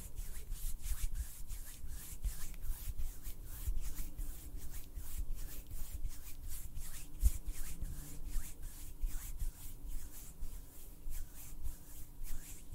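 Hands rub together in a steady back-and-forth rhythm, roughly two strokes per second, each one a soft, bright swish. The pace stays even for the whole stretch, with a low rumble underneath and one sharper click just past the seven-second mark.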